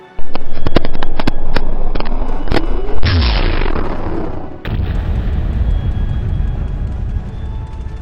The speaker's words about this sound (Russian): «Открыть огонь!» – велел магистр войны. И орудия грянули.